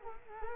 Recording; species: mosquito wingbeat signal from an infrared sensor; Culex quinquefasciatus